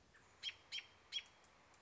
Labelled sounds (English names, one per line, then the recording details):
American Robin
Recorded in Sonoma County, California